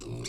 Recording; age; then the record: pig call; weaner (32 to 43 days)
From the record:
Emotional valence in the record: negative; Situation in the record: novel object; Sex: female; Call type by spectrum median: low-frequency call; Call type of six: mixed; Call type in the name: high-frequency modulated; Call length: 0.29 s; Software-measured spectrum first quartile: 212 Hz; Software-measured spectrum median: 1282 Hz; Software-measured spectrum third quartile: 5309 Hz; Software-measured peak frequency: 361 Hz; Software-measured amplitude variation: 111 dB a second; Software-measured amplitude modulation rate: 27.2 a second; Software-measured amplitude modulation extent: 4.1 dB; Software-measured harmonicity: 1.1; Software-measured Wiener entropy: -3.74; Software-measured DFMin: 667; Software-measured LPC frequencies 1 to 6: 339, 1102, 2279, 3599, 4616, 5595 Hz